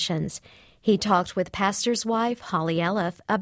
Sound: none

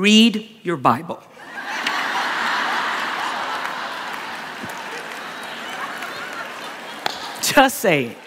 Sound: laughter and applause

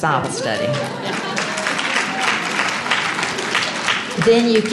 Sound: applause

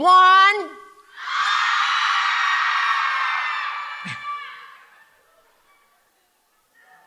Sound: screams

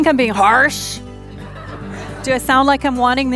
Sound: growls' at the end

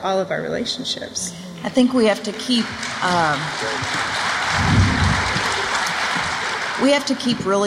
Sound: applause

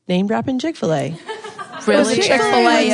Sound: laughter

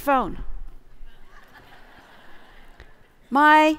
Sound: laughter

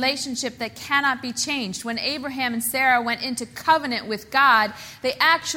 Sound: none

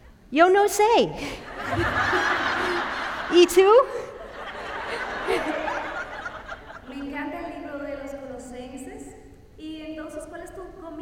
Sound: speaking Spanish; laughter

